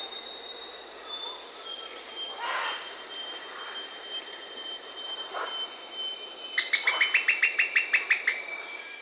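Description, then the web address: White-cheeked tody-flycatcher giving a quick series of short, clipped notes near the end, over steady high droning insects. Recorded in Peru. "Birds of the Amazon 3. White-cheeked Tody-Tyrant (Poecilotriccus albifacies), Peru"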